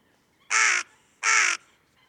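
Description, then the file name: Carrion crow giving two harsh, grating caws, each about a third of a second long, separated by a short pause. "Corvus corone"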